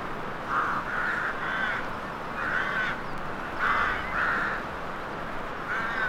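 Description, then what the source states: Crow cawing in short runs of harsh, grating notes, with pauses between bursts, over a steady hiss. Crows in a graveyard atmosphere; horror soundscape.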